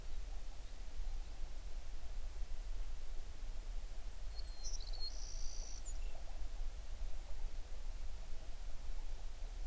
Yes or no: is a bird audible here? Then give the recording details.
yes. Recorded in the Prudhoe Bay oil fields, Alaska, on 11 June 2019 at 05:33. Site 21